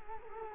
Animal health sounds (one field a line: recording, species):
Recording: mosquito wingbeat signal from an infrared sensor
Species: Culex quinquefasciatus